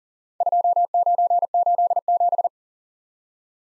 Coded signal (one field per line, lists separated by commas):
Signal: Morse code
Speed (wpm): 40 wpm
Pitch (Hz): 700 Hz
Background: none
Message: 2987